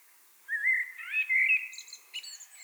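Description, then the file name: Common blackbird song: a smooth, fluting low phrase held for about a second, then a few high, thin chattering notes at the end. "Turdus merula"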